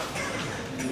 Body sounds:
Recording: coughing mixed with background sound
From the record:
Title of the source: Dry Coughing Fit in the Afternoon.

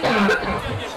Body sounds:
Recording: coughing mixed with background sound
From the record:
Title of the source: Barking cough - # 10

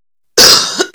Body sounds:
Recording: coughing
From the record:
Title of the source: November cold (wet coughing)

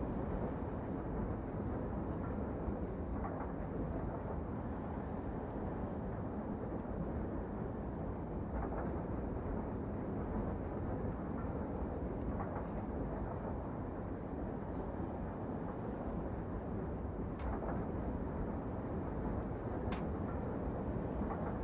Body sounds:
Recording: background sound without coughing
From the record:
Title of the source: Train Ride Ambience ambient white noise for sleeping, focus, studying, reading

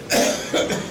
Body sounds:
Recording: coughing mixed with background sound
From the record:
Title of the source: Spring Cold Coughing 3

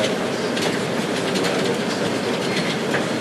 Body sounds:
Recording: background sound without coughing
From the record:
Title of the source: Office Sounds Ambience - Background Noise for Study and Work

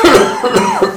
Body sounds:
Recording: coughing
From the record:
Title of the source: Mid-morning Winter Coughing Fit

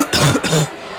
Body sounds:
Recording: coughing mixed with background sound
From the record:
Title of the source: Wet coughing

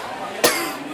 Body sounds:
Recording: coughing mixed with background sound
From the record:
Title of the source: 34 coughing up crap again

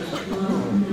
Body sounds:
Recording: coughing mixed with background sound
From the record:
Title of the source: Spring Allergy Coughing

